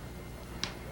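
The snap clip of a second hair extension hairpiece is opened, slid into sectioned hair and snapped shut. One short, sharp snap is heard at 0.6 s over a steady low background. The clip is seated securely in the hair.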